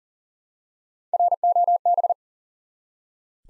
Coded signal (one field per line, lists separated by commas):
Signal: Morse code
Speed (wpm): 42 wpm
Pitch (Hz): 700 Hz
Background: none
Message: ROB